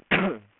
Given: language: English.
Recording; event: throat vibration sensor signal played as sound; cough